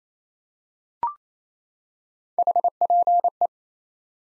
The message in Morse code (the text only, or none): HPE